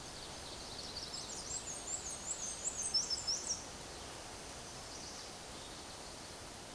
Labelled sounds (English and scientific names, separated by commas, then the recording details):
Black-and-white Warbler (Mniotilta varia) song
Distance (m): 25 m
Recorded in a Pennsylvania forest on 17 May 2023 at 12:04
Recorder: AudioMoth, point grid1_28_low
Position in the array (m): 51 m, 84 m